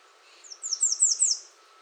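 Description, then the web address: American redstart song: five high, downward-slurred notes delivered rapidly within about a second, with a faint steady hum beneath. Recorded 21 June 2019. "soundrecordings 2019-06-21 American Redstart"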